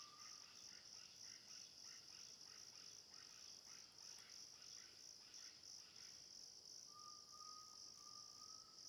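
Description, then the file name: Cricket: high rhythmic chirring runs on throughout, with thin whistled notes at the start and near the end. Natural forest ambience at Mata das Andorinhas, crickets with birds. "Ambiencia mata das andorinhas grilos, passaros maritaca longe"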